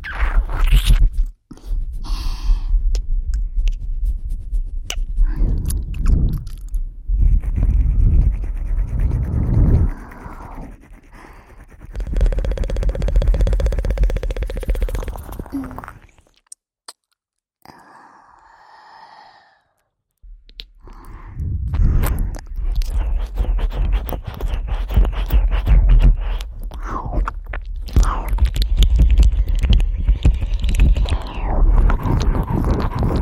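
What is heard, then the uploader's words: Close, breathy sounds near the ear, with soft rustling and brushing that come in long dense waves and ease off around ten and fifteen seconds. Near silence falls from about sixteen to twenty seconds, with a faint low murmur, before the breathy rustling returns fuller and steadier to the end. ASMR Ear Breathy Triggers.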